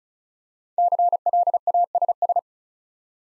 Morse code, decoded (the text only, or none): CLASS